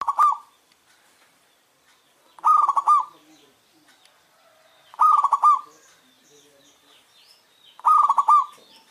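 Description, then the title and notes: Zebra dove giving a quick, rolling trilled coo, repeated every two to three seconds, with light high chirping from other birds between phrases. Zebra dove song usable for mastering, that is, training other caged birds to sing. "Kupulan Burung Perkutut. burung perkutut yang bisa digunakan untuk memaster"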